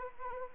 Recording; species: mosquito wingbeat signal from an infrared sensor; Anopheles arabiensis